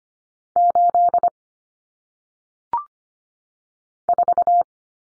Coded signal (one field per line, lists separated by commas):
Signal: Morse code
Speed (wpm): 25 wpm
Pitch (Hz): 700 Hz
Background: none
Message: 8 4